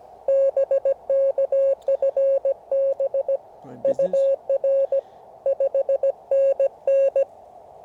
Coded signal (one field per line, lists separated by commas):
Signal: Morse code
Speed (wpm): 19 wpm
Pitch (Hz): 550 Hz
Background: none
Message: BK FB UR 5NN